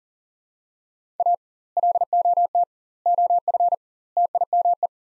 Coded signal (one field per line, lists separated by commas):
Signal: Morse code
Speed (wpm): 40 wpm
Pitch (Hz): 700 Hz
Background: none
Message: A LOT OF TIME